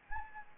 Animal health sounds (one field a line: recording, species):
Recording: mosquito wingbeat signal from an infrared sensor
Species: Anopheles gambiae